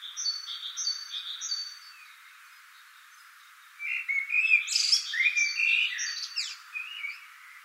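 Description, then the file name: Common blackbird song: repeated high chirped notes at the start, then a few seconds of quiet, then a louder burst of fluted warbling with squeaky high flourishes. "Turdus merula"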